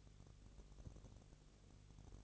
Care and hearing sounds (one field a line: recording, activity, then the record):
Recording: daily activity, microphone in the room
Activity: no activity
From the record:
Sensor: 4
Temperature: 22.3 degrees Celsius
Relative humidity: 32.8%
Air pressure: 1002.0 hPa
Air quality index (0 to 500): 185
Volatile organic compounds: 4 ppm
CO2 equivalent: 1636 ppm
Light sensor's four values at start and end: 2/3/1/1 and 2/3/1/1